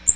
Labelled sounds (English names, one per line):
Magnolia Warbler flight call